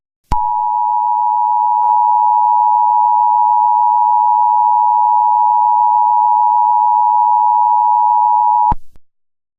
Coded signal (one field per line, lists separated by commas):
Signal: Emergency Alert System (SAME) tones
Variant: 853 and 960 Hz attention tone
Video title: *Possible Valid Tones* FAKE Mockup EAS Scenario: The NE Ohio Tornado Nightmare